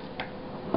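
An airsoft rifle magazine is pushed up into the magazine well of a JG Bar-10 until the mag release catches it. Short clicks come at 0.2 s and 0.7 s over low background noise, and the magazine is seated.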